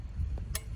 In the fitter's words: You just click it into place.